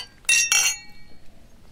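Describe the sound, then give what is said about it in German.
Two bright, ringing glass clinks in quick succession, like glasses touched together in a toast, each leaving a short high shimmer that fades into quiet. “Auf euch. Prost. Cheers. Auf die Nacht.”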